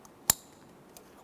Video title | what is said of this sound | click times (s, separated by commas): How to Replace Valve Cover 2010-2013 Kia Forte Koup 2.4L L4 | we'll take these press them in listen for a click | 0.3 s